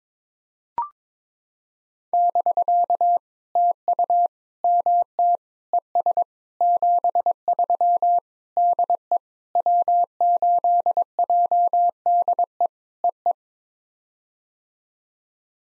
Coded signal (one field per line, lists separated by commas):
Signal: Morse code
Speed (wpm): 22 wpm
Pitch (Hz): 700 Hz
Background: none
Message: <BK> TU MT ES 73 DE W8JDE EE